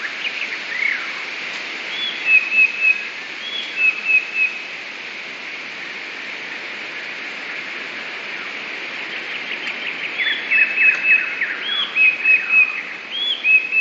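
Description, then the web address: Eurasian blue tit song: thin whistled phrases with an arched lead-in note, a quiet gap, then more phrases mixed with scratchy chirps. "wroblowe teka 2 spiew. modraszkoteka"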